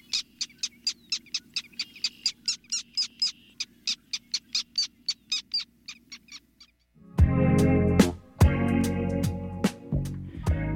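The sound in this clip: Black Tern calls, a rapid series of short sharp notes for about seven seconds, then the calls stop and loud music takes over.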